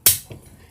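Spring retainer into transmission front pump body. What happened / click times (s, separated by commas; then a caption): The spring retainer snapped into place / 0.1 s. A metal retainer with three small springs set in pockets is pressed onto a 4R70W automatic transmission front pump body and snaps into place over bent-up tabs. A sharp, bright snap is heard at 0.1 s, followed by a much fainter tick around 0.3 s. The retainer is seated.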